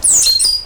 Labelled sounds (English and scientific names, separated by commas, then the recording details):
Stitchbird (Notiomystis cincta) song
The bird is a male
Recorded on Tiritiri Matangi Island, New Zealand, in 2005
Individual 12, of nest box 16